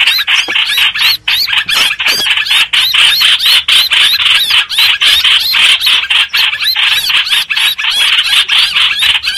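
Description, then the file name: Streak-eared bulbul distress calling, shrill rasping notes in a fast, continuous series. Distress call given to summon the flock. "Tieng chim trao trao keu cuu goi bay"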